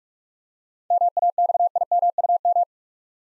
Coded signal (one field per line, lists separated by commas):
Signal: Morse code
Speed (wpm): 46 wpm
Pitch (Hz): 700 Hz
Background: none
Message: MAXIMUM